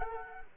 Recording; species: mosquito wingbeat signal from an infrared sensor; Culex quinquefasciatus